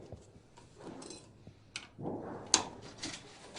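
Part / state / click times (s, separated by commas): ventilation duct into connector fitting with O-ring and clip / seated / 2.5 s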